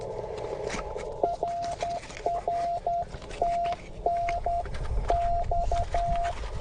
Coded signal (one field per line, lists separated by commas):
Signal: Morse code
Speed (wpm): 10 wpm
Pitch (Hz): 690 Hz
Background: none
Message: RR TNX